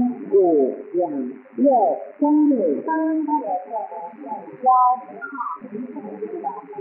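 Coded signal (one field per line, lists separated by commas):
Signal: numbers station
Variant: V13, Chinese military reading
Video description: Star Broadcasting Station is a Taiwan clandestine shortwave number station which send instructions to agencies/spies working in P. R. C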